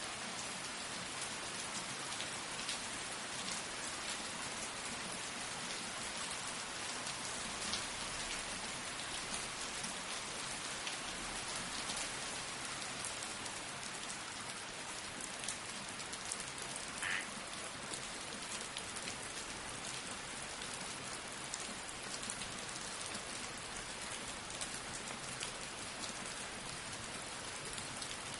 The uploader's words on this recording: 8 Hours of Soothing Thunder and Gentle Rain for Deep Sleep. Envision the soft rumble of distant thunder as it melds seamlessly with the rhythmic rain. The steady, low-frequency sounds of the thunderstorm. Soothing thunder coupled with the gentle patter of rain.